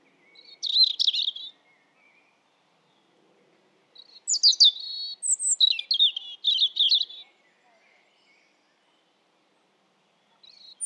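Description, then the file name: European robin song: a short twittering burst, a pause, then a longer phrase of high piercing whistles and rapid warbled trills, ending with a brief start of another. "Erithacus rubecula"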